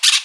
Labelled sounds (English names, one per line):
Brown-throated Parakeet contact call